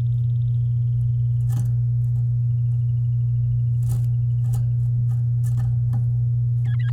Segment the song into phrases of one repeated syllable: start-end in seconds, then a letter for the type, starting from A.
6.64-6.91 A